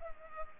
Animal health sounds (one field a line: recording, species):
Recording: mosquito wingbeat signal from an infrared sensor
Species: Culex pipiens